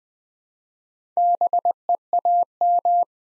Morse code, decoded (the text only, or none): BEAM